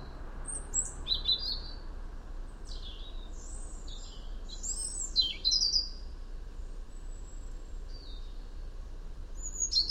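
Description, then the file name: European robin song: scattered high, thin warbled and trilled phrases throughout, some fainter than others, over steady low background noise. "Erithacus rubecula"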